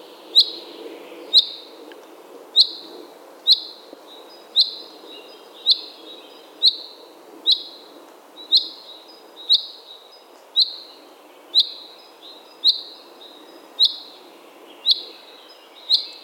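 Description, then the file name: Common chaffinch calling persistently, a short high note repeated about once a second for the whole stretch, over quiet low background noise. "Fringilla coelebs"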